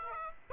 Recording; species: mosquito wingbeat signal from an infrared sensor; Aedes aegypti